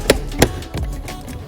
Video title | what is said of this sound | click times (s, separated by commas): Upgrade Your Sound: Installing 3.5" Dash Speakers in Jeep Wrangler JL or Gladiator | All right, now we'll put the speaker cover back on. It just snaps into place. | 0.1 s, 0.4 s